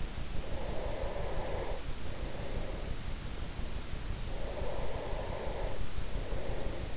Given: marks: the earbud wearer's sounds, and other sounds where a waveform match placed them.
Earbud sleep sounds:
sounds in sleep by an in-ear microphone; breath
0.30-3.23 s: breath
4.48-6.97 s: breath

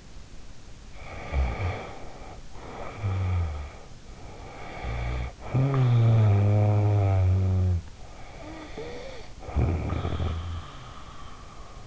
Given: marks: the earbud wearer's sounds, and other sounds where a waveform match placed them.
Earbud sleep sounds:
sounds in sleep by an in-ear microphone; snoring breath
0.97-3.97 s: snoring breath
4.09-7.95 s: snoring breath
8.15-11.87 s: snoring breath

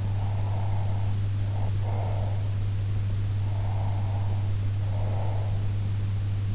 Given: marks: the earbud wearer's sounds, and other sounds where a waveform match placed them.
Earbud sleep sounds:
sounds in sleep by an in-ear microphone; breath
0.02-2.42 s: breath
3.39-5.62 s: breath

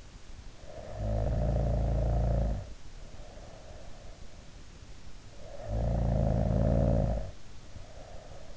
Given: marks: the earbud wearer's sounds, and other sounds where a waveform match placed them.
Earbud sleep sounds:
sounds in sleep by an in-ear microphone; snoring breath
0.35-3.89 s: snoring breath
5.33-8.57 s: snoring breath

